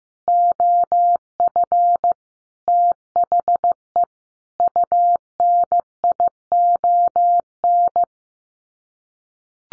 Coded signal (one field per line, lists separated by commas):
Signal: Morse code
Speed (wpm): 15 wpm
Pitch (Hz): 700 Hz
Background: none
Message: OF THE UNION